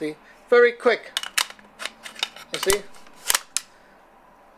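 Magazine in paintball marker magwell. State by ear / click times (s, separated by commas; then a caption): seated / 3.6 s. A light magazine is pushed into the magwell of a Tiberius T15 AR-style paintball marker while someone talks, with several quick plastic clicks and rattles as it goes in. It snaps and locks in place at 3.6 s, seated with a tiny bit of play.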